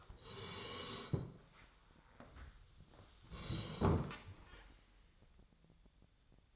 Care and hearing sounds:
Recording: daily activity, microphone in the room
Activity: sit down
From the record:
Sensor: 3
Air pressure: 1015.2 hPa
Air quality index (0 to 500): 165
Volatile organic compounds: 12 ppm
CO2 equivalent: 2362 ppm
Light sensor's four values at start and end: 15/40/16/17 and 13/31/13/13

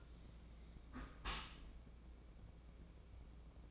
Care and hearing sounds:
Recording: daily activity, microphone in the room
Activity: close dishwasher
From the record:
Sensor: 1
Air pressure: 1012.4 hPa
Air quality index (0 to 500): 168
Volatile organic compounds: 3 ppm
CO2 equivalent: 1374 ppm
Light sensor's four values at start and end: 583/1258/584/638 and 582/1256/583/637

